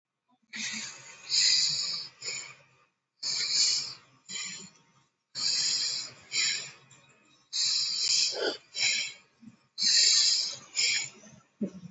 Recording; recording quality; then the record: deep breathing; excellent, no background noise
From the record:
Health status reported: COVID-19 positive, mild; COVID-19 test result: positive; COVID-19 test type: RT-PCR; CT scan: not taken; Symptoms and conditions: cough, cold, fatigue, muscle pain, hypertension, diabetes, another condition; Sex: female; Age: 72 years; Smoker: no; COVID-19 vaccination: both doses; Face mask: not worn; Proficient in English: yes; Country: India